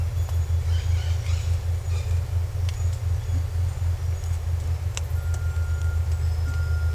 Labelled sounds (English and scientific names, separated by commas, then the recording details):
none
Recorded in secondary vegetation near Puerto Asís, Putumayo, Colombia, on 21 December 2024 at 11:00
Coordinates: 0.468, -76.324
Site G095